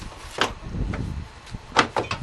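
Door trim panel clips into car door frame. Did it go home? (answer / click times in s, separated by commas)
yes / 0.4 s, 1.8 s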